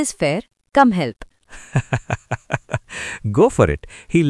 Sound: laughs